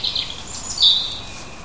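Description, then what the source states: Bird giving a few short high notes, with a thin whistled note midway. Native hedgerow bird recorded in June.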